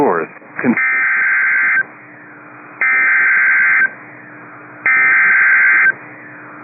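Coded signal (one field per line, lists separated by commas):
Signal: Emergency Alert System (SAME) tones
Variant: header bursts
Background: speech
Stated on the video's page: Severe Thunderstorm Warning on the Madison, WI NOAA Weather Radio transmitter.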